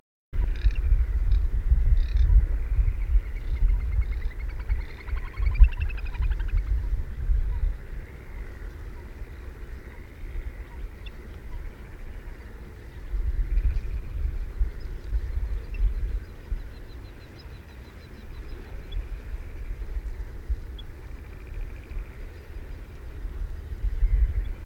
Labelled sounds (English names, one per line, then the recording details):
Garganey call
Little Grebe call
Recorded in the wild
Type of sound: call
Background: Tachybaptus ruficollis
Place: Schwerin, Lewitz, Mecklenburg-Vorpommern, DE
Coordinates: 53.636, 11.401
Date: 1972-06-21
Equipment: Nagra III BH, Sennheiser MD 21, parabola
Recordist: Schubert, Michael
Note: Zwergtaucher u. Knäkente - Männchen